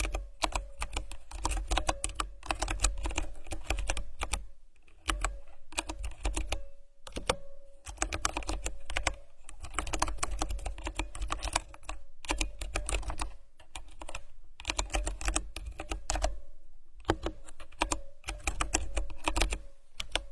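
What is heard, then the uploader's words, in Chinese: Someone types on a mechanical keyboard, the keys clacking in quick, dense bursts with brief pauses around five, seven, twelve and sixteen seconds. Each stroke is sharp and bright, with a faint steady hum underneath throughout. 敲击机械键盘，超好听！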